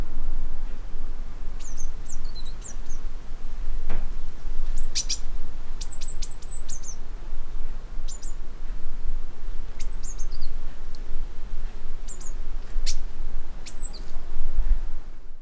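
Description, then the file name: Eurasian blue tit calls: short high-pitched thin notes, singly and in quick runs of three or four, recurring every second or two over steady low rumble. "Cyanistes caeruleus"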